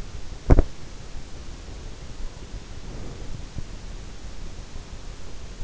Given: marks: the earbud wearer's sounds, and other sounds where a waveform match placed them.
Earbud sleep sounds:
sounds in sleep by an in-ear microphone; teeth grinding, breath
0.23-0.72 s: teeth grinding
1.82-3.71 s: breath

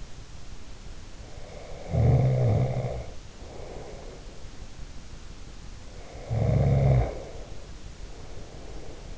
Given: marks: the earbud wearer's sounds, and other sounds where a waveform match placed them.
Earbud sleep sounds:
sounds in sleep by an in-ear microphone; snoring breath
1.16-4.70 s: snoring breath
6.07-9.18 s: snoring breath

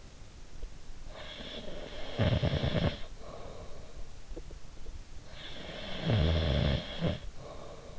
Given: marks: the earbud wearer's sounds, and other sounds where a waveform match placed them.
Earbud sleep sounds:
sounds in sleep by an in-ear microphone; snoring breath
1.11-4.05 s: snoring breath
5.02-7.99 s: snoring breath

